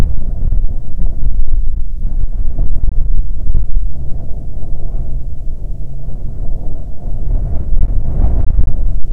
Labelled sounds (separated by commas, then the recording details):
wind
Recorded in the Prudhoe Bay oil fields, Alaska, on 6 June 2019 at 14:41
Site 16